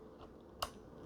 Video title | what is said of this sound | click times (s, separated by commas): Unboxing the NEW Canon EOS M6 Mark II - 4K Digital Camera Kit | a little click | 0.6 s